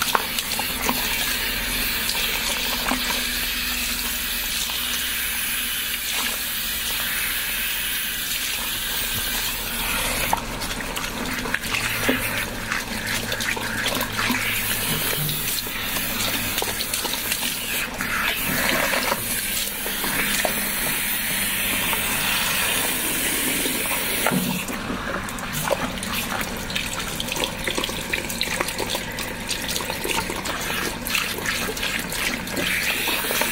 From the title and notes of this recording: Gentle Shampoo and Massage. Today it's a shampoo, scalp massage, hair washing with no talking.